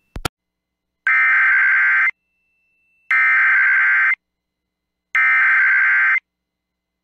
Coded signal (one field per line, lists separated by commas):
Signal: Emergency Alert System (SAME) tones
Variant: header bursts